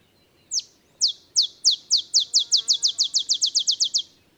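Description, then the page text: Olive sparrow gives an accelerating string of many high, slurred chip notes, getting faster toward the end. Simple songs likened to a field sparrow's bouncing ball song; early morning in Texas, 50 miles north of the Mexican border. "Olive sparrow. Recording early morning just 50 miles north of the Mexican border in Texas"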